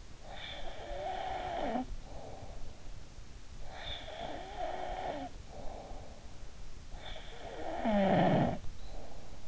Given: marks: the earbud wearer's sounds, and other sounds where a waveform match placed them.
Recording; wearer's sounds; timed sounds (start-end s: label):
sounds in sleep by an in-ear microphone; snoring breath
0.25-2.64 s: snoring breath
3.38-6.37 s: snoring breath
7.02-9.48 s: snoring breath